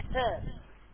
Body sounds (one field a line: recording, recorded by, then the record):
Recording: voluntary cough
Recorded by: telephone call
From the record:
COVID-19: negative